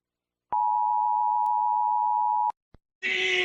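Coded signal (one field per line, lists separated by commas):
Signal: Emergency Alert System (SAME) tones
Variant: 853 and 960 Hz attention tone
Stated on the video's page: Fictional EAS tornado warning and watch.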